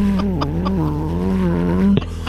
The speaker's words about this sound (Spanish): Deja que prenda el carro porque está haciendo frío. Es que le puse unos escapes, pues, para que se vea que arranca perrón, mira. Ay, lo. ¿Qué? Oye, qué bonito se oye tu carro. Me gusta cómo se oye el motor así.